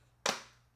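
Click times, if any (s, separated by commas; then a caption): 0.3 s. An iPhone 16 Pro Max is pressed into a rugged Casetify drop-protection case rated for 21.3 ft of drops. One sharp, bright click sounds at 0.3 s and fades over about a quarter second against a faint low hum. The case seats with a tight fit.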